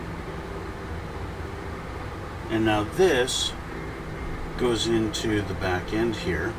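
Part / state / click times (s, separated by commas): model kit part into rear fuselage of scale model / not seated / none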